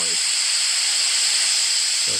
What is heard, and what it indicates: The best sound that mixed with the high-pitched tone tinnitus was bright noise, which sounds like this higher pitched white noise. Through the AirPods 3.